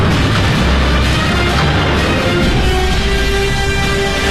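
Artillery cannon fire on the Yangtze River as the Chinese People's Liberation Army and the British warship Amethyst exchange fire: a dense, continuous roar of deep booms, loud and steady throughout with no pauses and no voices.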